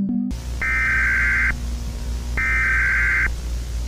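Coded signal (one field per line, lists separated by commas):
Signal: Emergency Alert System (SAME) tones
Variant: header bursts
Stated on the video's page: Fictional EAS scenario with simulated SAME tones; the tones are described as potentially disturbing and not meant for broadcast.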